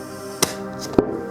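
A tubeless tire is inflated on the rim of a Honda Elite 80 scooter wheel after its valve stem is fitted, with a steady hum in the background. The tire bead gives a sharp pop at 0.4 s, followed by a second, quieter sharp snap near 1.0 s. The bead has only partly popped onto the rim and is not fully seated yet.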